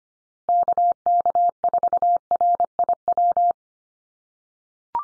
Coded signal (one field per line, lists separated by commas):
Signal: Morse code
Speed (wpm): 25 wpm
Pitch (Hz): 700 Hz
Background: none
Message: KK4RIW